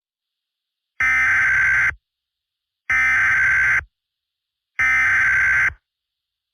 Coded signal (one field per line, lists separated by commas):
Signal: Emergency Alert System (SAME) tones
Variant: header bursts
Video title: EAS Scenario: Infectious Disease (Made By: Sean TV)